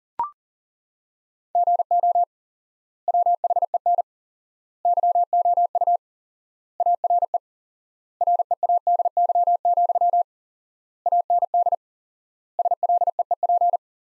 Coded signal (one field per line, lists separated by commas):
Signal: Morse code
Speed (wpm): 40 wpm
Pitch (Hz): 700 Hz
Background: none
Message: GO WHEN YOU ARE READY, AND SLEEP